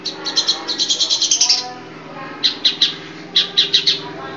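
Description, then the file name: Long-tailed Shrike calling with a rapid run of raspy, chattering notes, then a pause and two shorter harsh bursts, against a steady low background hum. Female bird. "suara cendet betina omkicau"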